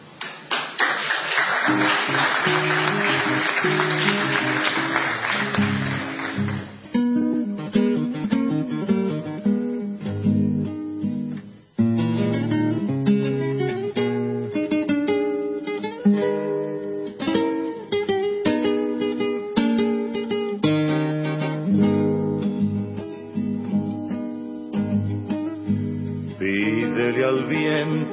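A recorded song begins after a few seconds of applause-like noise: acoustic guitar plays with a steady rhythm, and a voice appears to join, holding sustained melodic notes at an even, fairly loud level.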